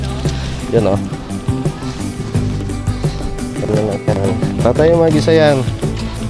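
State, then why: Not seated. Someone handles the frame of an instant pop-up tent, working its hub toward its upright locking position while talking over background music. Nothing has seated or clicked yet; the clip ends just before the hub locks into place.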